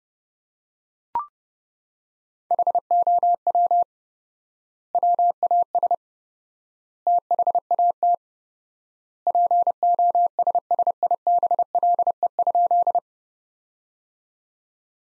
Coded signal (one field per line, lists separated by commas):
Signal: Morse code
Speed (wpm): 30 wpm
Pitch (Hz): 700 Hz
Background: none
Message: HOW WAS THAT POSSIBLE?